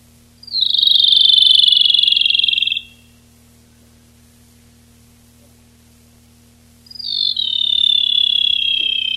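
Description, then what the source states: Rufous-tailed robin: two fast rattling trills, each falling slightly in pitch over about two seconds, spaced around four seconds apart. Recorded 19–22 July 1991.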